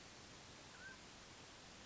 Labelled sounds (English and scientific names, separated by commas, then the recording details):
Mountain Quail (Oreortyx pictus)
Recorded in Sonoma County, California